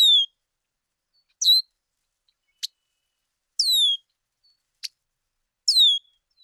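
Bird calls: high downslurred whistles alternating with brief sharp ticks, about one sound every second; silent background.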